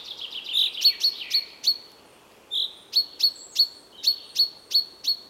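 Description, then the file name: Common chaffinch calling with crisp, high, clipped notes given in rapid series, a short silence, then another steady run of repeated notes. "Fringilla coelebs"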